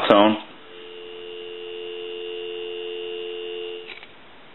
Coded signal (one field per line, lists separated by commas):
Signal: telephone call progress tone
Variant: North America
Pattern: dial tone